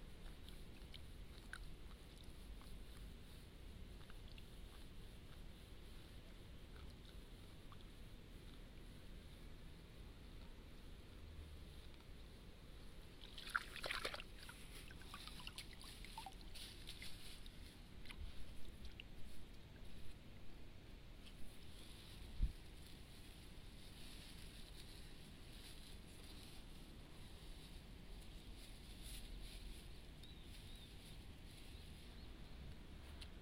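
Rice seedlings are pulled one at a time from a flooded seedbed and tied into bundles. A steady low murmur runs throughout, broken by a burst of rustling and wet splashes around 13 to 18 seconds, a sharp knock near 22 seconds, and lighter scraping afterward.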